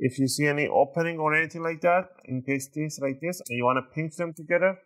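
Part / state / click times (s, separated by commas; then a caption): laptop bottom cover edge into palm rest / not seated / none. The plastic bottom cover edge of an MSI Katana GF66 11UC (MS-1582, GL66 11UEK) laptop is handled where it gapes from the palm rest, ready to be pinched together. Someone talks throughout, and nothing has seated or clicked into place yet.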